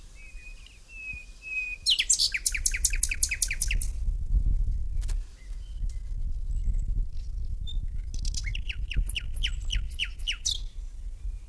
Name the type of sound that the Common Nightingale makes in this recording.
song